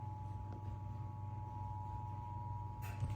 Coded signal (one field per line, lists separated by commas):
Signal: Emergency Alert System (SAME) tones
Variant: 853 and 960 Hz attention tone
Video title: Ventura County Severe Thunderstorm Warning EAS on February 7, 2024